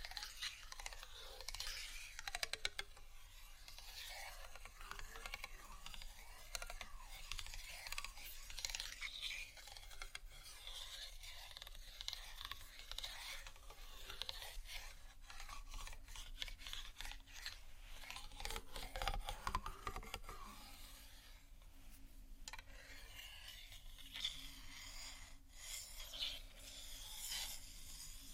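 Plastic and glass rattle, tap and scratch in a dense, continuous jumble of small clicks and rasping rubs, bright and busy throughout. Clusters of sharper taps come around 15 and 20 seconds, with a low steady rumble running underneath the whole time.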